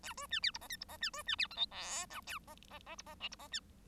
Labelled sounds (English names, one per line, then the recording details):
Bengalese Finch song
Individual Bird1